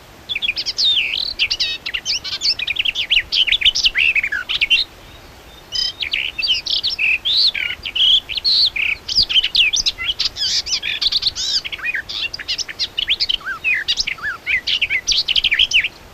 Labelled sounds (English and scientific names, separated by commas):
Garden Warbler (Sylvia borin) song